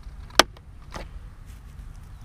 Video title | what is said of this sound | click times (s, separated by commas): BMW 135I INTERIOR TRIM REMOVAL/INSTALLATION (part 2) | here you should hear a pretty audible click to let you know it's seated | 0.4 s